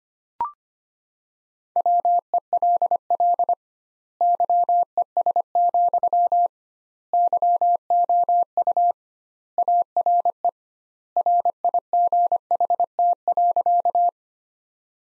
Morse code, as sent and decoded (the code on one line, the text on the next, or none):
.-- . .-.. .-.. / -.-- . ... --..-- / -.-- --- ..- / .- .-. . / .-. .. --. .... - .-.-.-
WELL YES, YOU ARE RIGHT.